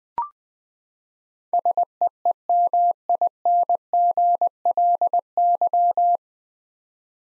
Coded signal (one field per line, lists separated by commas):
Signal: Morse code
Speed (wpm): 20 wpm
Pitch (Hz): 700 Hz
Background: none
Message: SEEMINGLY